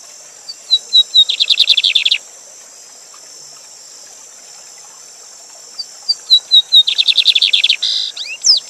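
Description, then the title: Lined seedeater giving two songs several seconds apart, each a string of sharp whistled notes running into a quick, dry, buzzy trill, against steady waterfall-like hiss. Teacher song for training, bird singing live with a waterfall sound in the recording. "Bigode Gavião Negro Professor De Canto Cantando Ao Vivo Com Cascata"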